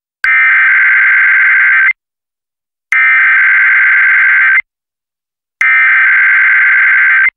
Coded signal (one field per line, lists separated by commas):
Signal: Emergency Alert System (SAME) tones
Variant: header bursts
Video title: EAS #768-769: 2 EAS Required Monthly Tests- May 9, 2023- 2:00PM PDT